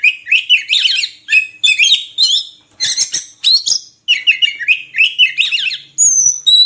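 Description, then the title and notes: Oriental magpie-robin giving scratchy, buzzy chattering phrases, a few sharp clicks, and a short run of high thin whistles at the close. Long-duration 'isian' filler song for kacer, used to make birds sing actively (gacor) day and night. "Kacer Jadi Gacor Siang Malam. Isian Kacer Durasi Panjang"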